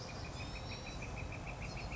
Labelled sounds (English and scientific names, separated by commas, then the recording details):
Northern Flicker (Colaptes auratus)
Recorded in Sonoma County, California